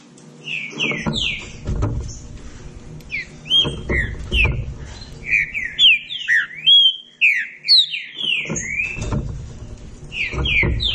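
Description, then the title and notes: Green-winged saltator song, rapid whistled downslurred and upslurred notes in repeated clusters, with intermittent low thudding noise underneath. Classic song of a trinca-ferro used as a training recording. "Canto Clássico Trinca Ferro TREINAMENTO. trinca fero"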